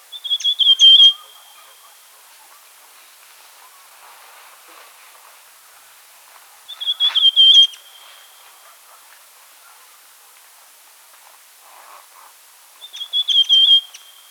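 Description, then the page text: Rufous sibia: three short, loud whistled phrases about six seconds apart. Calls and song. "Rufous Sibia Calls and Song. Quick Sounds"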